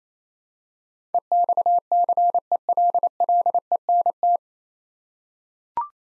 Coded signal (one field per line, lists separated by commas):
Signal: Morse code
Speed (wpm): 28 wpm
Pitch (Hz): 700 Hz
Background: none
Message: EXCELLENT